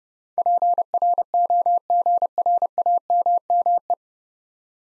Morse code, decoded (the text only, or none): PROGRAMME